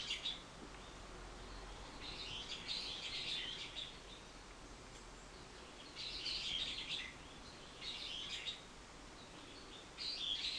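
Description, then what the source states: Bird sounds as bursts of high, scratchy chirping, roughly every two to four seconds, separated by quiet stretches of steady hiss. Recorded 24 March 2023.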